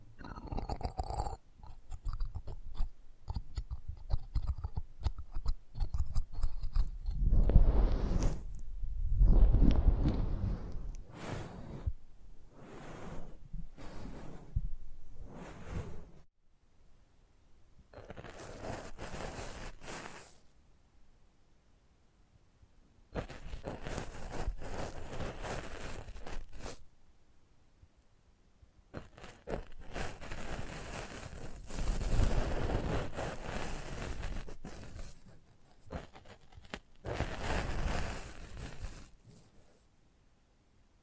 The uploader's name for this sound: Close Up Mic Treatment